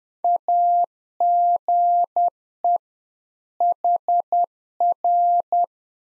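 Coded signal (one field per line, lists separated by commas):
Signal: Morse code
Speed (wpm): 10 wpm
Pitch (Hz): 700 Hz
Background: none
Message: AGE HR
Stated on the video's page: Practice QSO in Morse code at 10 wpm, one-sided, for head-copy training.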